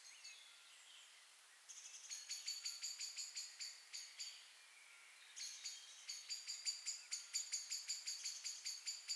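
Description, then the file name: Common blackbird calls: after a quiet start, bursts of rapid, sharp, metallic ticks repeated about three times a second, with a short pause between the two bursts. "Turdus merula"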